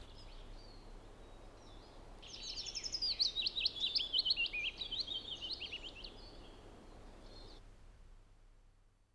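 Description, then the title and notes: Willow Warbler song: a liquid phrase of quick, slurred notes that falls gradually in pitch, swelling then fading, over soft background noise. "Pajulintu. Viikon luontoäänen esitteli Juha Laaksonen"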